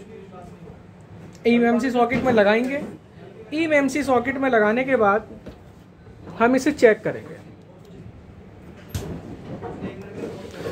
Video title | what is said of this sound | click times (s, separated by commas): how to dead boot repair mtk cpu device eMMC scatter file with UFI BOX | ये lock हो गई IC. | 8.9 s